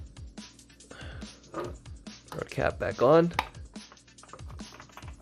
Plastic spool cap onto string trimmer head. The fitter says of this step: Should click into place. It has not clicked, so we're gonna do this